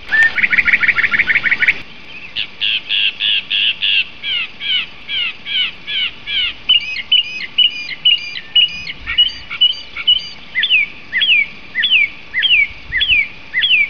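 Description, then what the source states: Bird song opening with a fast buzzy trill, then a long series of rhythmic chirps and slurred whistles, ending with several repeated falling notes. Master recording used for training songbirds.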